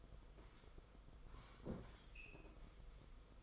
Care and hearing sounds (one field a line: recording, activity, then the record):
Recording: daily activity, microphone in the room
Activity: sit down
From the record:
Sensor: 5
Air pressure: 990.6 hPa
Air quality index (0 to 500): 150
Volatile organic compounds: 162 ppm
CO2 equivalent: 4074 ppm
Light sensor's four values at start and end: 45/136/52/56 and 45/136/52/56